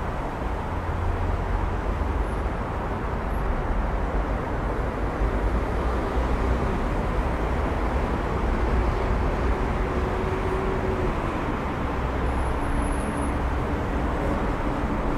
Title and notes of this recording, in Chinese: 鼓楼大街的夏日夜晚 压马路 单车与老街。夏天老街 氛围城市 白噪音